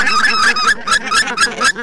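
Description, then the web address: Bean goose honking calls, a rapid series of nasal, harsh honks with strong harmonics, several overlapping birds calling continuously. "Гуменник Oca Granaiola"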